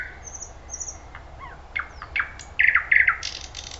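Thrush nightingale song fragment: soft whistles and slurred notes building to loud, rapid repeated notes and a buzzy ending, with low background hum.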